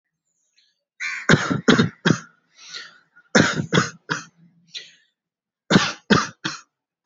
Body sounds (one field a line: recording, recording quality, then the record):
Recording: shallow voluntary cough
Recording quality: excellent, no background noise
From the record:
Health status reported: healthy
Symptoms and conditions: none ticked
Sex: male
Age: 23 years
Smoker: not ticked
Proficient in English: yes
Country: India